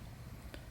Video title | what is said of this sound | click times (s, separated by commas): THE WORST PART ABOUT MY BRAND NEW 4TH GEN CUMMINS TRUCK!!!! | anyway you get the point shove them through you'll hear them click good | 0.5 s